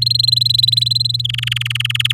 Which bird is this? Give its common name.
Domestic Canary